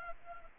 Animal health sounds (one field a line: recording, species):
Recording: mosquito wingbeat signal from an infrared sensor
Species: Anopheles arabiensis